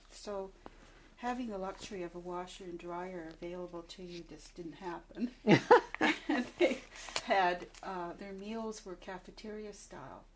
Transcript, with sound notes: So having the luxury of have a washer and dryer available to you just didn't happen. (both laugh) And they had ah there meals were cafeteria style.